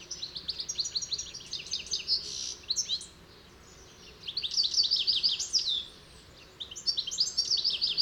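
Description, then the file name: European goldfinch song, rapid twittering phrases of sharp repeated notes and short buzzes, separated by two pauses of about a second each before resuming. "Carduelis carduelis"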